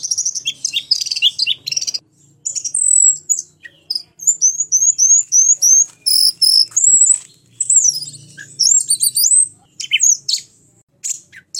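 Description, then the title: Orange-headed thrush song, a fast, varied run of high whistled slurs, sweeping notes and buzzy bursts, repeated in short rapid phrases with brief pauses. "anis_merah"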